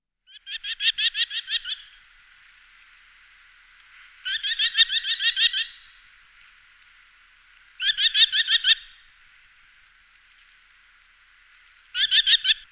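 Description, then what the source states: Merlin giving rapid chattering calls: four bursts of sharp, high notes separated by pauses of about two seconds, the last burst cut off. Tundra form of the merlin.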